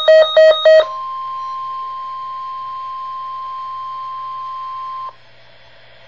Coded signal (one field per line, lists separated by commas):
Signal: Emergency Alert System (SAME) tones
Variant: 1050 Hz attention tone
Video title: EAS Alerts #21-22 - 2011 Wisconsin Statewide Tornado Drill 4/14/11